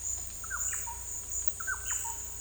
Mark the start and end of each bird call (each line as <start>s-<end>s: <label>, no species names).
0.41s-0.97s: bird call
1.53s-2.17s: bird call